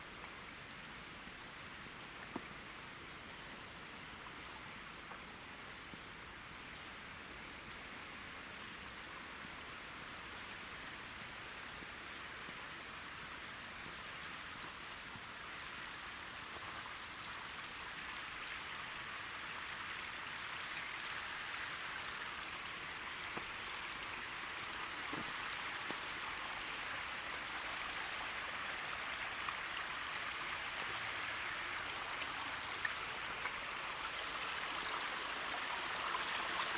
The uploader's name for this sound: Forest Park in Winter